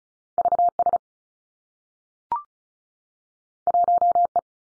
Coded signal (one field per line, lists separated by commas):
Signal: Morse code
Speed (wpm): 36 wpm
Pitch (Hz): 700 Hz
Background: none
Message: V S 1 E